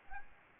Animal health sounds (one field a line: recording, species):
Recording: mosquito wingbeat signal from an infrared sensor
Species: Aedes albopictus